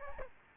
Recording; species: mosquito wingbeat signal from an infrared sensor; Aedes albopictus